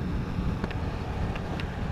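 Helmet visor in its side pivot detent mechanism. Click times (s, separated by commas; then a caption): 0.6 s, 1.4 s, 1.6 s. A plastic visor on a Ruroc Atlas 2.0 motorcycle helmet is raised and ratchets through the detent positions of its side pivot mechanism over a steady, wind-like low rumble. Three sharp clicks sound at 0.6, 1.4 and 1.6 s as the visor seats into each detent.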